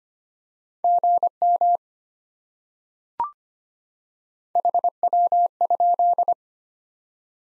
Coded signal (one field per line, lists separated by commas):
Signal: Morse code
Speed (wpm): 25 wpm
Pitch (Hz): 700 Hz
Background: none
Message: GM HW?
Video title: Top 20 QSO Elements 25wpm